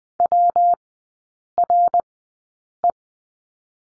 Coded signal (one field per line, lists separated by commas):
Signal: Morse code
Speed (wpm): 20 wpm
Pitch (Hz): 700 Hz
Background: none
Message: WRE